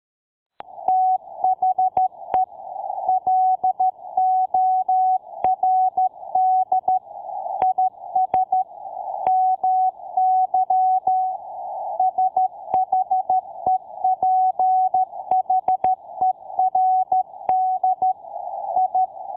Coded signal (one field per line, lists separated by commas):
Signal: Morse code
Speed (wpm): 13 wpm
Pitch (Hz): 750 Hz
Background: none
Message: THE LORD IS MY SHEPHERD I